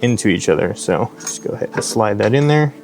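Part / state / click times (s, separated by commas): rifle barrel into upper receiver / not seated / none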